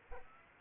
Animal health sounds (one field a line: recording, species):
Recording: mosquito wingbeat signal from an infrared sensor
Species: Aedes aegypti